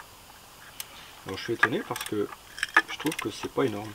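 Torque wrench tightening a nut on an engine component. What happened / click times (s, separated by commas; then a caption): Torque wrench clicks at its set torque / 0.8 s. A torque wrench set to 25 Nm tightens a nut on an engine component of a 308 during a search for a coolant leak. A single sharp click sounds at 0.8 s as the wrench reaches its setting, and then someone talks.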